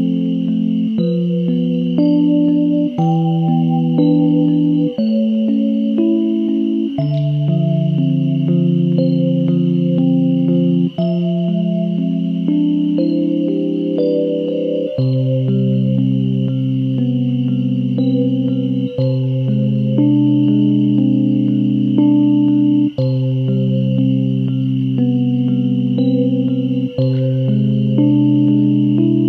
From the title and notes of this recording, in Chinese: 3D环绕助眠｜海底幻想。